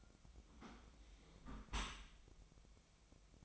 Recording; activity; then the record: daily activity, microphone in the room; close dishwasher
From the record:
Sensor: 1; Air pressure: 1003.2 hPa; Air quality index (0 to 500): 196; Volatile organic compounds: 6 ppm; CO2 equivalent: 1877 ppm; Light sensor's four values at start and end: 29/72/31/37 and 29/73/31/37